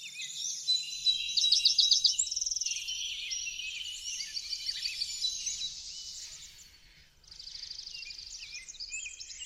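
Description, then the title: Birds producing fast repeated high trills and twittering, a bright rattling run early on, then a softer continuing chorus. Backyard. "Backyard Birds - Ambient Nature Bird Sounds"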